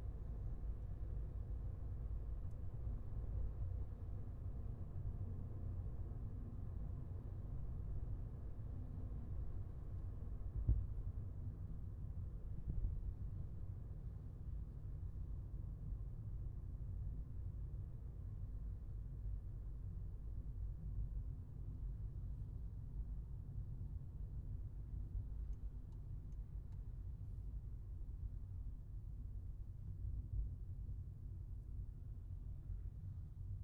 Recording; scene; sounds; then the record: everyday scene through a hearing-aid microphone; in a vehicle; engine, highway driving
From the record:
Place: Skoda Fabia, gasoline engine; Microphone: behind the ear, left, rear